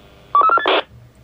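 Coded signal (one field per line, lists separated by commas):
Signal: roger beep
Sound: four quick rising beeps, then a short burst of hiss as the carrier drops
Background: radio static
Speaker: so we're keying up king up on the radio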